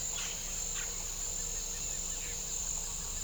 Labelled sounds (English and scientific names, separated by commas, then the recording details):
none
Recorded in pastures near Puerto Asís, Putumayo, Colombia, on 22 December 2024 at 08:00
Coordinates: 0.497, -76.327
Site G088